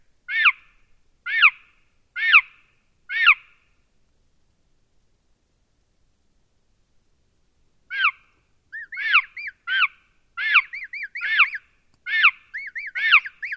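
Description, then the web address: Chicken chick giving four spaced shrill peeps, then a four-second silence, then faster clusters of arched chirping notes. A young chick chirping. "Tom Hutchings Chirp Chick Chirping"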